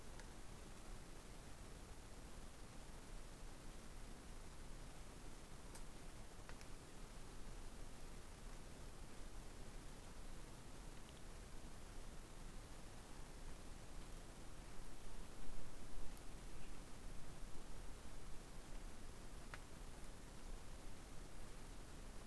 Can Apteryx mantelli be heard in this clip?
no